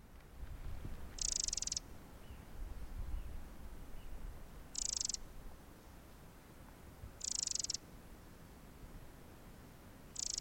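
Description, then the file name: Eurasian wren giving short, dry, high rattling bursts, each about half a second long, repeated roughly every three seconds over a low rumbling background. "Troglodytes troglodytes"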